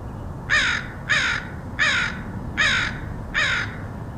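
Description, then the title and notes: Crow calling with five loud, hoarse caws in an even series, roughly one every 0.7 seconds, against a low rumbling background. Crows recorded in Portland, Oregon, August 2003. "Crows of Portland. Crows recorded by Dan Bodah in Portland, OR, August 2003"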